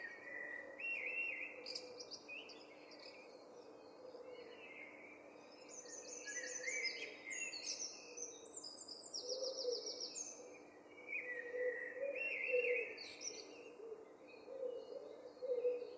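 A dawn chorus of many birds sings at once, with overlapping chirps, trills and rapid repeated notes filling the whole stretch. Bright, quick phrases come from several directions at varying distances, while a low steady hum and soft murmuring tones sit underneath throughout.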